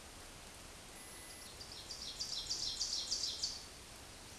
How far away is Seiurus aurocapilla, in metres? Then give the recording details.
about 40 m. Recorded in a Pennsylvania forest on 17 May 2023 at 14:06. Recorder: AudioMoth, point grid1_26_low. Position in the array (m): 210 m, 27 m